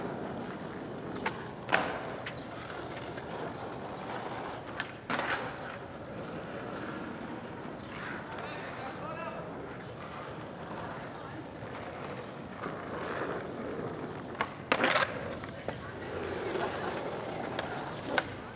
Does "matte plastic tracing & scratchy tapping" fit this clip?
no